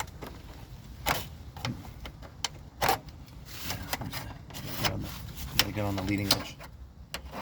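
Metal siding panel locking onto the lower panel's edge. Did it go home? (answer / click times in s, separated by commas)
no / none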